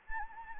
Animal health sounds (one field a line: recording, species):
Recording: mosquito wingbeat signal from an infrared sensor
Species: Anopheles gambiae